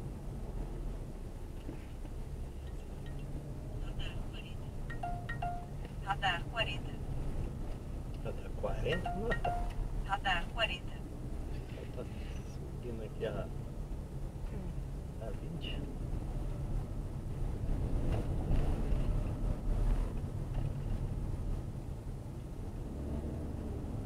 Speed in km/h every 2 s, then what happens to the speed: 10, 13, 14, 16, 14, 17, 15, 19, 23, 22, 20, 25.
0-16 speeds up to 23.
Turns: none.